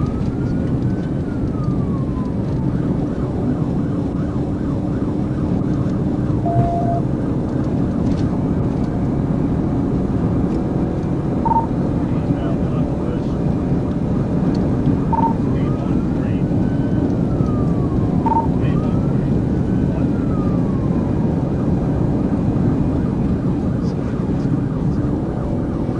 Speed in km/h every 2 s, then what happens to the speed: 206, 204, 206, 208, 216, 221, 224, 225, 225, 222, 224, 222, 206.
0-13 speeds up to 225. 13-22 steady at about 224. 22-26 brakes to 206.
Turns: none.